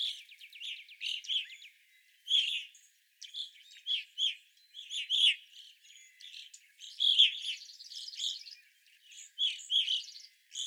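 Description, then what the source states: Evening grosbeak calls, loud chirps in scattered groups, and a buzzy trill partway through. Several evening grosbeaks, recorded 25 April 2021.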